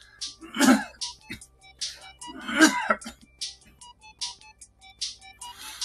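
Two brief harsh cough-like throat clearings from an adult over faint tonal background sounds; an itchy, irritated throat and slight cough from hay fever.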